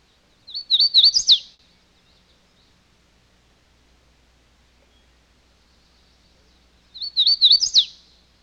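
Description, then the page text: Hooded warbler giving a bright, rapid warbling phrase of high notes, repeated twice about six seconds apart in quiet surroundings. "Hooded Warbler Call. Quick Sounds"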